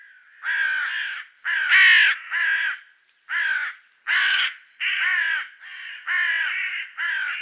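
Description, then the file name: Carrion crow uttering a long run of repeated coarse, raucous caws with brief gaps between. "Corvus corone"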